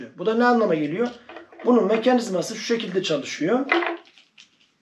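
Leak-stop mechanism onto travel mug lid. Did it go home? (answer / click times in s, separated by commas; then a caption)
no / none. Someone talks while handling the leak-stop mechanism of a Stanley NeverLeak travel mug and fitting it onto the lid, with a few faint handling taps near the end. The mechanism has not seated or clicked onto the lid yet.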